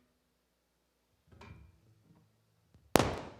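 An audio cable plug is pulled out of a jack on live sound equipment, with faint low handling noises around 1.3 to 1.6 seconds. At 2.9 seconds a loud, sharp pop hits and decays over the rest of the clip. It is most likely the amplified electrical pop rather than the connector's mechanical sound, and the cable ends up unplugged.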